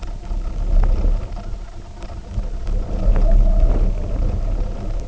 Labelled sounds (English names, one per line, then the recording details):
none
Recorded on Arctic tundra, site UTQI-0, on 19 June 2018
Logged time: 02:00